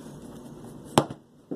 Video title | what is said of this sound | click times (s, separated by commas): How to change the hard drive in a 2012 mac mini (EASY) | little cover and then it should snap right into place and | 1.0 s